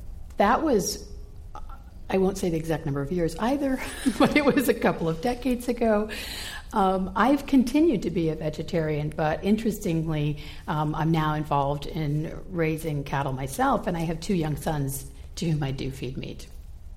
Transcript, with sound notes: That was -- I won’t say the exact number of years, either [Laughter] but it was a couple of decades ago.
I’ve continued to be a vegetarian but interestingly, I’m now involved in raising cattle myself and I have two young sons to whom I do feed meat.